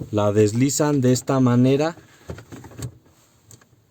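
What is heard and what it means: Someone talks, then quieter sliding and handling sounds follow as the plastic center dash trim piece is slid into position and centered in a Nissan Tiida dashboard. A few small ticks come through. Nothing has seated or clicked yet, since the piece has not been pushed forward to latch.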